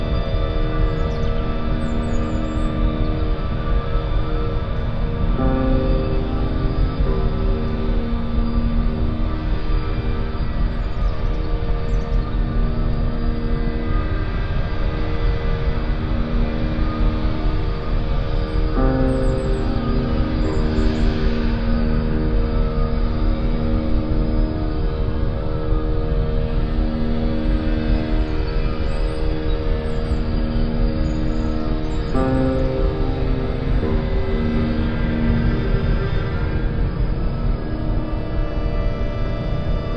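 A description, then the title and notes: A chairlift ride carries a steady, dense mechanical hum with a low droning rumble, shifting briefly around six, nineteen and thirty-two seconds. Skiing – Chairlift Ride – Recorded on Lift.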